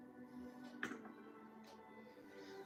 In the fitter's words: no did you hear it snap